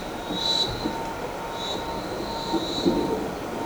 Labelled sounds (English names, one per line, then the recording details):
none
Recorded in shrubland near Pivijay, Magdalena, Colombia, on 13 April 2023 at 15:00
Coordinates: 10.453, -74.365
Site P5-G022